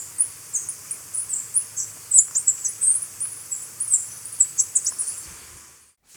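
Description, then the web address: Cinereous conebill uttering high, thin squeaky notes in quick, uneven succession for about five seconds, then falling silent. Recorded in Ecuador. "Natures Songs S America Birds of Ecuador. Cinereous Conebill"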